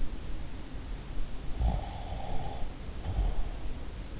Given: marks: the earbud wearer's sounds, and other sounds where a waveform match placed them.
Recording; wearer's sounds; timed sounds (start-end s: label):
sounds in sleep by an in-ear microphone; snoring breath
1.52-3.35 s: snoring breath